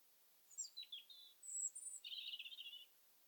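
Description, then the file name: European robin song phrase: high thin descending whistles, a sustained very high note, then a rapid twittering run. "Erithacus rubecula"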